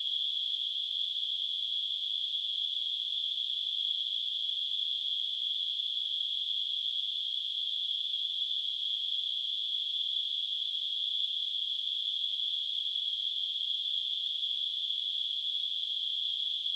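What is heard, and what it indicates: A steady, unbroken high-pitched hissing tone, a narrow band of noise centred near 3 kHz, holds at constant loudness for about 17 seconds with no other sounds. This is simulated tinnitus, the ringing or hissing heard in the ears.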